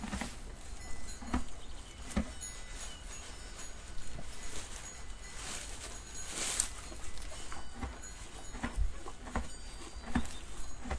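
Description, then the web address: Horse hooves clopping steadily, muffled knocks in an unhurried walking rhythm, with a short burst of hiss midway. Horse recorded at Alvoco. "De Alvoco 2-Cavalo 2"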